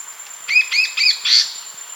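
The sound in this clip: Bird call: a quick run of four clear, arching chirps within about one second, fairly even and high-pitched.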